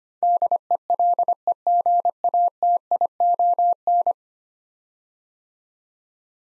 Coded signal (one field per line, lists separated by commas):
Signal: Morse code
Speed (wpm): 25 wpm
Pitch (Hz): 700 Hz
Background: none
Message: DELEGATION